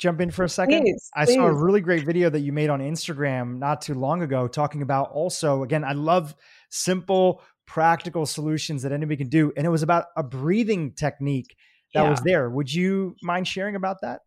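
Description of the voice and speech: One adult speaks in a clear, fluent conversational voice with steady, moderately pitched voicing and natural phrasing. Brief pauses fall between phrases, with no hoarseness, breathiness or strain. This is an ordinary, healthy speaking voice.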